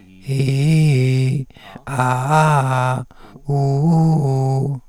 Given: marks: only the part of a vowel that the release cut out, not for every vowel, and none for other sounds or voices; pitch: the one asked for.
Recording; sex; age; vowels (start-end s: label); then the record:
sustained vowels; male; 70 to 79 years
0.41-1.29 s: vowel /i/, low-high-low pitch
2.17-2.93 s: vowel /a/, low-high-low pitch
3.51-4.59 s: vowel /u/, low-high-low pitch
From the record:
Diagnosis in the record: recurrent laryngeal nerve paralysis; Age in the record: 77 years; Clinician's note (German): Nicht kompensiert, strumipriv